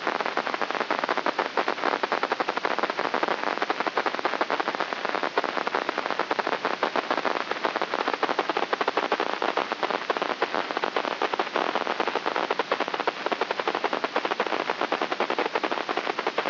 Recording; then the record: brain microelectrode recording played as sound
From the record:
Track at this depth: inside the subthalamic nucleus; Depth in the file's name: -0.158 mm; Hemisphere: right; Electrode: 3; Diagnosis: Parkinson's disease